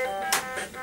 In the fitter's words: you get this click sound it's very tight and kids cannot pull this out